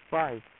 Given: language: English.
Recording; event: throat vibration sensor signal played as sound; speech